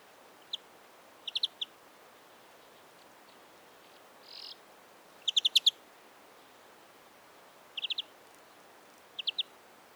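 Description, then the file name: European greenfinch giving short, high chirping calls singly and in small clusters of up to four notes at irregular intervals, over a steady background hiss. "Chloris chloris"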